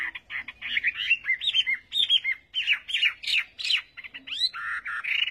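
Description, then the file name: Chinese hwamei song, a rich run of varied whistled and slurred phrases, rising and falling with little pause between notes. "Tieng hoa mi hot"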